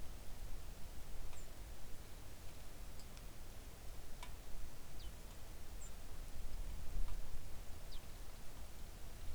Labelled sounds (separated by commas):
songbird, rain